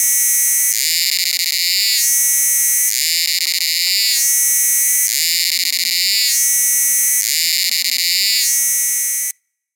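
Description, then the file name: Cicada call: a loud, continuous high-pitched buzz that shifts in tone about every two seconds, with no pauses until it cuts off sharply near the end. "Kearns Corrected Thesis DIGITAL APPENDIX H Cicada"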